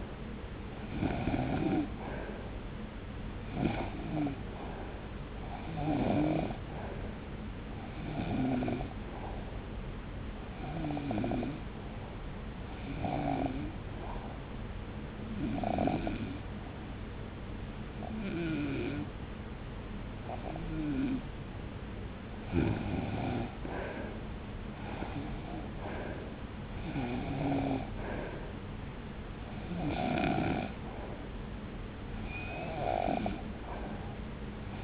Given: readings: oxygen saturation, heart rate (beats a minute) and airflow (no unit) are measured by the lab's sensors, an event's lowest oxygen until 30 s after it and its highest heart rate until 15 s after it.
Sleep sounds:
breathing in sleep by a voice recorder at the bedside; 1
12.00-24.90 s: hypopnea (REM, oxygen 94% highest, then 90% lowest)
From the record:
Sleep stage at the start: REM sleep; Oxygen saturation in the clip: 92 to 94%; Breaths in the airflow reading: 10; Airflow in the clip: -1.0 to 1.6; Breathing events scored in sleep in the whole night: 335 in 6.7 hours asleep

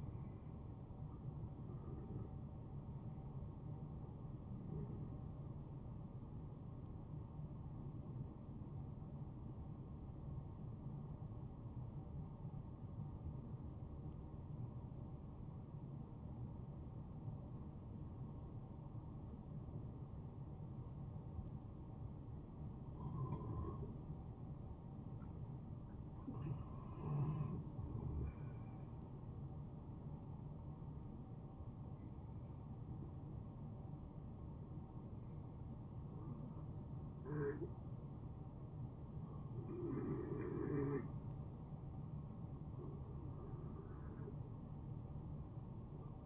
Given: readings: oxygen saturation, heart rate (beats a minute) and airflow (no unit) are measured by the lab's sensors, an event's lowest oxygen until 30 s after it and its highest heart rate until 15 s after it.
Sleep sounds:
breathing in sleep by a smartphone at the bedside; 1
7.00-28.60 s: hypopnea (N1, oxygen 94% highest, then 89% lowest, heart rate 69 at the start, 69 highest)
From the record:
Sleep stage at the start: N1 (lightest sleep); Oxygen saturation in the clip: 89 to 94%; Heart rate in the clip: 54 to 71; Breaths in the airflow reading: 9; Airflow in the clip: -7.0 to 5.3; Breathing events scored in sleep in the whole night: 263 in 5.5 hours asleep

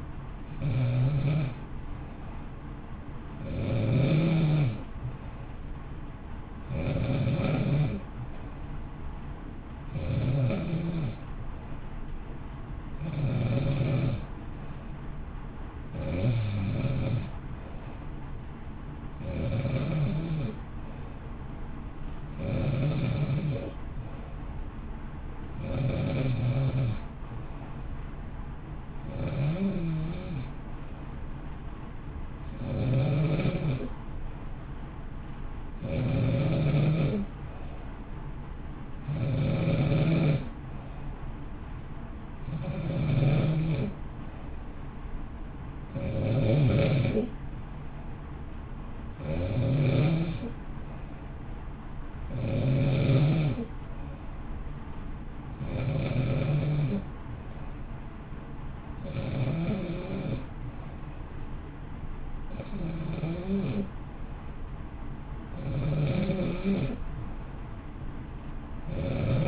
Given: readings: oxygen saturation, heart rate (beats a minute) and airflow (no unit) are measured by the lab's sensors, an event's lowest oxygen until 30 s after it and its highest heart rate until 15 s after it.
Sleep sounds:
breathing in sleep by a smartphone at the bedside; none
none scored
From the record:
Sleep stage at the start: N2 (light sleep); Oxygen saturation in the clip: 91 to 93%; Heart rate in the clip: 54 to 59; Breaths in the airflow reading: 30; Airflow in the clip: -0.7 to 0.6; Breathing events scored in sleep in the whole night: 328 in 6.3 hours asleep

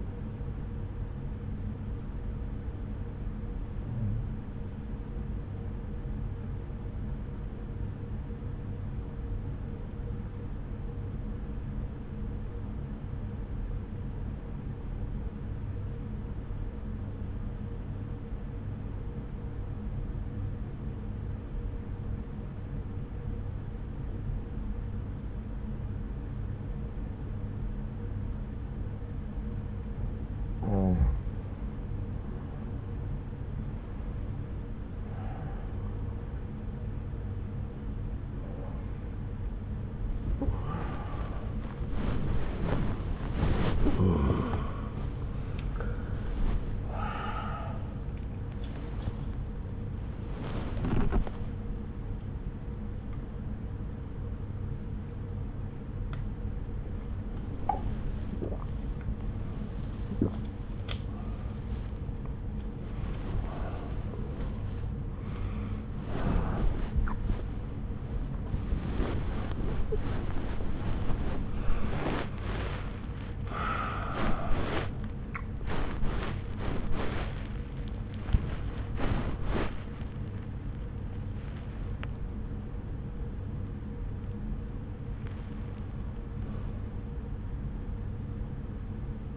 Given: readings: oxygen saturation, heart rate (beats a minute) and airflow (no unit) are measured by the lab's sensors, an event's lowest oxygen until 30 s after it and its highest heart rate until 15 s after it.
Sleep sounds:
a person awake in a sleep study, by a smartphone at the bedside; 1
0.00-5.00 s: awake
9.00-32.30 s: obstructive apnea (N1, oxygen 96% highest, then 86% lowest)
27.00-89.36 s: new sleep stage, awake
32.00-89.36 s: awake
From the record:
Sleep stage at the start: N1 (lightest sleep); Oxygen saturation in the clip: 86 to 97%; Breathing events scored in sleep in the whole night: 303 in 8.1 hours asleep

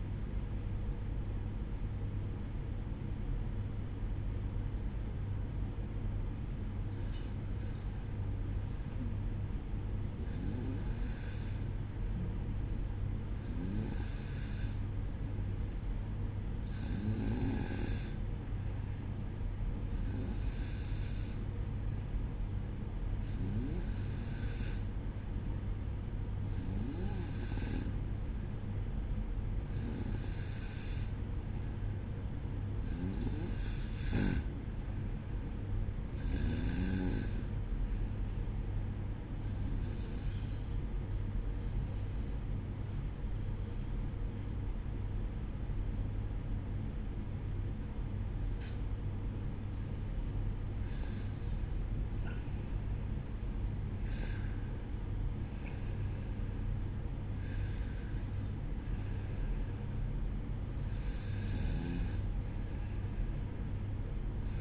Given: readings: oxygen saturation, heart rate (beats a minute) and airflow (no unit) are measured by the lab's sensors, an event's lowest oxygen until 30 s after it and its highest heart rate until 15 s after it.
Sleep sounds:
breathing in sleep by a smartphone at the bedside; 1
36.00-53.30 s: hypopnea (N2, oxygen 93% highest, then 92% lowest, heart rate 63 at the start, 63 highest)
57.00-64.61 s: new sleep stage, N1 (lightest sleep)
From the record:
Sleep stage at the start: N2 (light sleep); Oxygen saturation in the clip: 92 to 94%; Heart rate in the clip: 61 to 63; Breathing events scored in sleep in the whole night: 305 in 9.6 hours asleep

